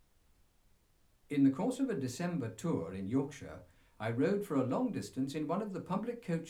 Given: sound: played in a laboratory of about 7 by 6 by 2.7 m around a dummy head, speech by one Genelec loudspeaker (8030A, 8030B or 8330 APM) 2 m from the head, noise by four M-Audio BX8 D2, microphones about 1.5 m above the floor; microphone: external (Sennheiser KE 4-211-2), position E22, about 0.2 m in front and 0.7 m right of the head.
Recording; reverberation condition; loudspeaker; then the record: male speech in English; low; behind (180 degrees)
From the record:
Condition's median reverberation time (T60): about 310 ms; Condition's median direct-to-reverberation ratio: about 3.5 dB